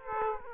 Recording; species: mosquito wingbeat signal from an infrared sensor; Aedes aegypti